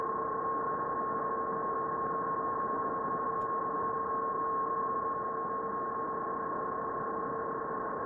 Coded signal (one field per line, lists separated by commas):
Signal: PSK31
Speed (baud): 31.25 baud